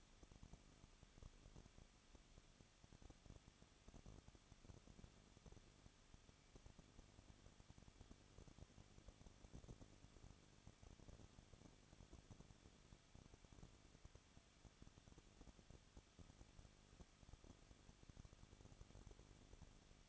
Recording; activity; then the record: daily activity, microphone in the room; no activity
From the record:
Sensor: 4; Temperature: 23.1 degrees Celsius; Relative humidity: 34.3%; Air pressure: 1007.2 hPa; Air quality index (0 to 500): 212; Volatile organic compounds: 14 ppm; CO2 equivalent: 2452 ppm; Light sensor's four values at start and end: 2/3/1/1 and 2/3/1/1